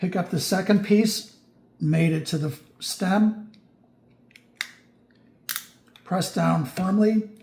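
Someone talks while handling the two halves of a plastic and metal trigger lock, with its stem passed through a pistol's trigger guard, as the second piece is brought to the stem to be pressed down firmly. A few short, sharp handling ticks sound between the speech. The clip ends before the halves click together, and nothing has seated yet.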